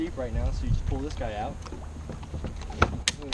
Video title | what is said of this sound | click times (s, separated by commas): Time to choose between the Hobie Camo Edition Outback and Pro Angler 12 | the back snaps into place | 3.1 s